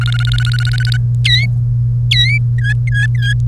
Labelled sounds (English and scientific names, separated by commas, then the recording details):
Domestic Canary (Serinus canaria) song
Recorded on 1 May 2018 at 16:14
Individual llb3